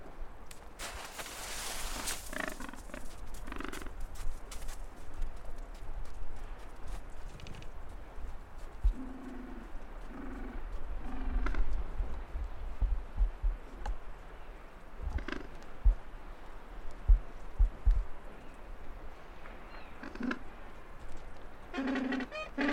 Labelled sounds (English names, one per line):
Gentoo Penguin call